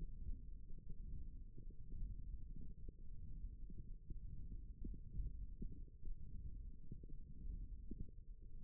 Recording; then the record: forearm muscle sounds (acoustic myography)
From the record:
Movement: hand closing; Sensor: system 1, eight BSWA MPA416 microphones around the upper forearm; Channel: 1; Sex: female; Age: 22 years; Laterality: right